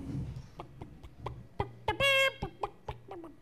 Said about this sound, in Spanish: Voy a poner el micrófono, ¿vale? Para que suene la gallina ahí.